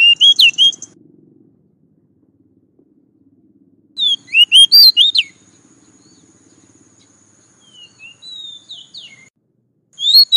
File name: Tieng chich choe than dat